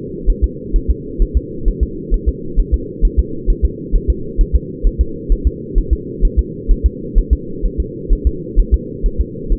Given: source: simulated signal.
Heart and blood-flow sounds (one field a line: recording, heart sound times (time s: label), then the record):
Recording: fetal heart sounds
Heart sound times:
0.30 s: S1
0.44 s: S2
0.76 s: S1
0.91 s: S2
1.22 s: S1
1.37 s: S2
1.68 s: S1
1.83 s: S2
2.14 s: S1
2.29 s: S2
2.60 s: S1
2.74 s: S2
3.05 s: S1
3.19 s: S2
3.50 s: S1
3.65 s: S2
3.96 s: S1
4.10 s: S2
4.41 s: S1
4.55 s: S2
4.87 s: S1
5.01 s: S2
5.32 s: S1
5.47 s: S2
5.78 s: S1
5.93 s: S2
6.25 s: S1
6.39 s: S2
6.71 s: S1
6.86 s: S2
7.19 s: S1
7.33 s: S2
7.66 s: S1
7.80 s: S2
8.13 s: S1
8.27 s: S2
8.60 s: S1
8.74 s: S2
9.06 s: S1
9.20 s: S2
9.52 s: S1
From the record:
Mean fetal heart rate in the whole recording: 130 bpm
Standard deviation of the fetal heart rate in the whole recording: 2 bpm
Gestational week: 38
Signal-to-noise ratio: -4.3 dB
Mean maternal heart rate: 72 bpm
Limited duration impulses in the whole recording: absent